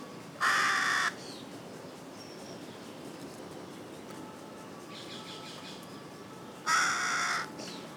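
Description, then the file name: Carrion crow: one long hoarse caw, a quiet pause with a faint softer caw, then a second long rasping caw near the end. "Corvus corone"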